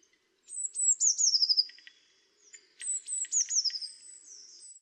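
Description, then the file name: Eurasian blue tit singing two phrases, each starting with high thin notes and sliding down into a rapid, slightly lower trill. "Cyanistes caeruleus"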